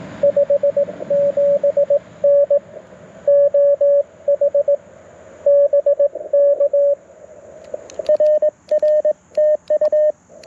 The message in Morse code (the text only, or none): 57N OH BK RR TU